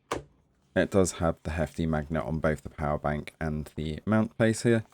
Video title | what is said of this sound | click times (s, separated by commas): Mounted Power Bank - ANTANK Power Bank and Steam Deck Dock Review | it does make a very satisfying click if you want to clunk it on it | 0.1 s